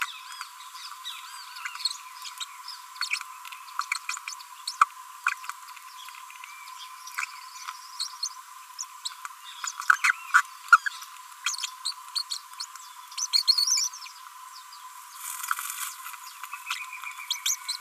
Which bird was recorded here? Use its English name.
Green-rumped Parrotlet